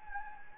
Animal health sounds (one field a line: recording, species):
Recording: mosquito wingbeat signal from an infrared sensor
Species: Anopheles gambiae